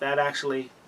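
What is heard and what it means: Someone talks while handling a Marttiini Folding Lynx 940110 liner lock folding knife, slowly opening its steel blade partway toward its positive half-stop detent, with a slightly gritty action. Nothing has clicked or seated yet.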